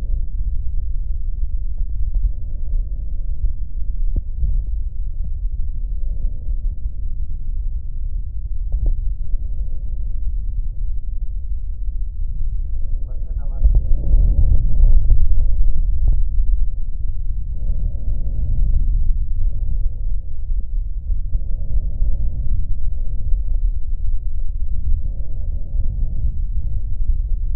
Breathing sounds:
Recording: lung sounds by stethoscope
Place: left posterior apical chest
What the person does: quiet breathing, then deep breathing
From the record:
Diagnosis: pulmonary infection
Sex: male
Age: 74 years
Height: 171 cm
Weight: 80 kg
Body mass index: 27.4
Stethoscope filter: extended mode

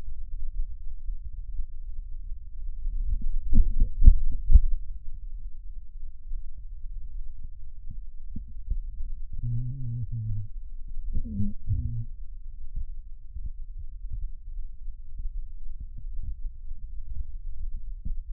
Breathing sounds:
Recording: lung sounds by stethoscope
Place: right anterior apical chest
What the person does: quiet breathing, then cough and speech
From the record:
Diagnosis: interstitial lung disease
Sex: male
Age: 66 years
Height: 172 cm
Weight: 107.6 kg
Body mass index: 36.4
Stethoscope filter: bell mode

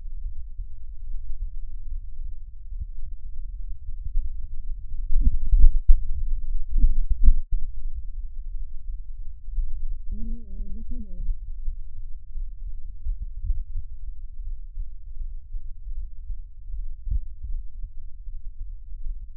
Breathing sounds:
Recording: lung sounds by stethoscope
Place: right anterior apical chest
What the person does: quiet breathing, then cough and speech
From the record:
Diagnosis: interstitial lung disease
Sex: female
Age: 60 years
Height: 152 cm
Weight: 55.9 kg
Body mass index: 24.2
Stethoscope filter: bell mode

